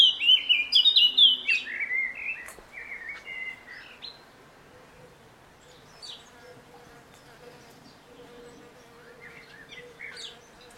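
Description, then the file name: Eurasian blackcap warbling song, a quick run of varied chirpy notes in the first few seconds, then quiet background with a few faint chirps. "Sylvia atricapilla"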